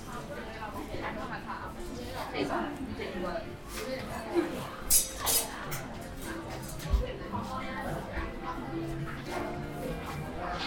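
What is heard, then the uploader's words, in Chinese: On the way to eat noodles in a hutong, steady overlapping voices chatter throughout, with a few sharp clinks and knocks around the middle. 去香饵胡同吃小面｜城市声音。下午。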